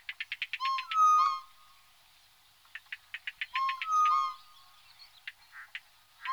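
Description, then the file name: Tropical boubou gives quick ticking notes followed by a bright, long level whistle, heard twice in sequence. "gonolec ventre blanc"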